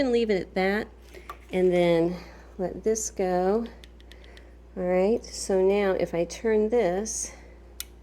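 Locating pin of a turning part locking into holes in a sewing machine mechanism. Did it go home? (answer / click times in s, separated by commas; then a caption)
yes / 7.8 s. While reassembling a vintage Sonic Blue Singer 15-91 sewing machine, a metal part is turned until a small locating pin drops into its holes so it can turn the number wheel. Someone talks throughout, with a few faint ticks around 4.0–4.4 s, then one sharp click at 7.8 s as the pin locks into place.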